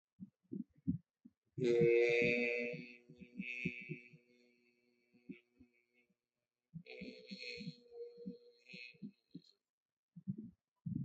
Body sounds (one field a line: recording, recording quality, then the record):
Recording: sustained vowel as in made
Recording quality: moderate, slight background noise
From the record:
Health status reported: healthy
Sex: male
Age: 39 years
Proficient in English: yes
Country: India